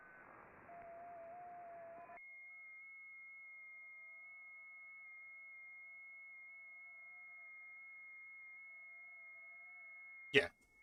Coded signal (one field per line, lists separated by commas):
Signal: FT8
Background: speech